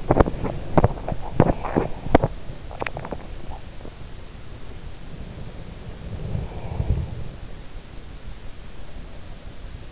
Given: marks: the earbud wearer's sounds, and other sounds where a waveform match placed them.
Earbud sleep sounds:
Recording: sounds in sleep by an in-ear microphone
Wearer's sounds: teeth grinding, swallowing, breath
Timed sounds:
0.00-2.60 s: teeth grinding
2.60-3.84 s: swallowing
5.78-7.40 s: breath

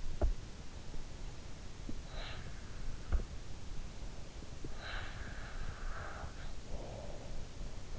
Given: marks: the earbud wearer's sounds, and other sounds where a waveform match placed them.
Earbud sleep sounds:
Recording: sounds in sleep by an in-ear microphone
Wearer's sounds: teeth grinding, snoring breath, breath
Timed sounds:
0.22-0.44 s: teeth grinding
2.13-2.75 s: snoring breath
4.69-7.56 s: breath

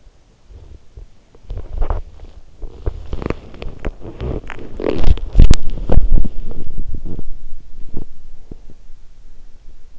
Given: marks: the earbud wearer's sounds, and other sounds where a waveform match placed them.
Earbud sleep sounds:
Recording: sounds in sleep by an in-ear microphone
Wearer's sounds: body movement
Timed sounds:
0.00-8.79 s: body movement

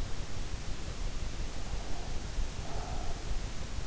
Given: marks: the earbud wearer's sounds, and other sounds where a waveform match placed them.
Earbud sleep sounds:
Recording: sounds in sleep by an in-ear microphone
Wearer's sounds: breath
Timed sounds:
1.64-3.46 s: breath

